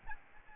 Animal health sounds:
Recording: mosquito wingbeat signal from an infrared sensor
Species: Aedes albopictus

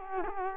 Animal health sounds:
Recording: mosquito wingbeat signal from an infrared sensor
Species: Culex quinquefasciatus

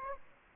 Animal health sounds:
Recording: mosquito wingbeat signal from an infrared sensor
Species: Anopheles gambiae

